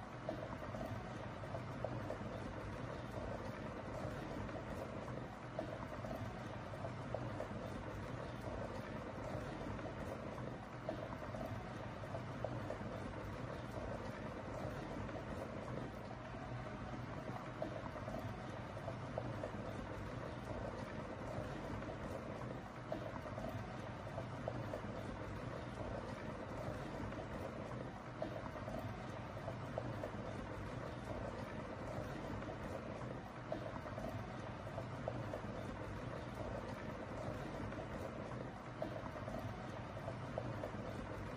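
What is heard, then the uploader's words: Water boils steadily in a kettle for the full length, a dense, unbroken churning rumble weighted toward the low and middle range. Fine bubbling pops flicker through it constantly, with no pauses or build-up, and the loudness stays even throughout. Boiling Water Sound Effect. Kettle Sound Effect. Boiling Water White Noise.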